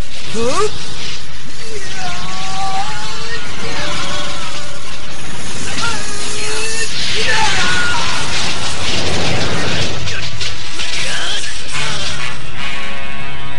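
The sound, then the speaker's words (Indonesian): A roaring whoosh of wind from the Bayu Cakrabuana magic technique surges and swells into a loud blast of rumbling bursts and crackling debris, with rising and falling tonal sweeps over a dense noisy rush. “Baiklah, akan kugulung hancur tubuhnya dengan aji Bayu Cakrabuanaku.”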